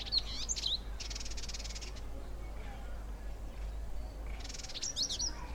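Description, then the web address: Village indigobird singing: sharp high sweeping notes followed by a dry buzzy rattle, then after a pause another buzzy rattle followed by sweeping notes, with faint low background noise. "Indigobird Song Vidua chalybeata"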